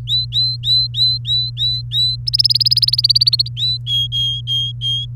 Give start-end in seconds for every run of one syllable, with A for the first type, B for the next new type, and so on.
0.07-2.16 A, 2.27-3.48 B, 3.57-3.77 A, 3.86-5.05 C